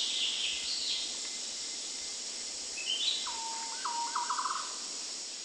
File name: suara burung madi hijau kecil